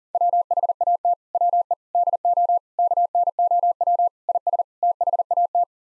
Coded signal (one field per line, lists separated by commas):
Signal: Morse code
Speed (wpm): 40 wpm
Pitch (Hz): 700 Hz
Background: none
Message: WHAT WE DO KNOW IS THAT